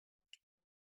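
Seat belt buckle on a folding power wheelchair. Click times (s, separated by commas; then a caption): 0.3 s. The seat belt buckle on a Vocic folding power wheelchair is clamped together, giving a single short, bright tick at 0.3 s, with faint low rustling just before and after. The buckle clicks shut and is seated.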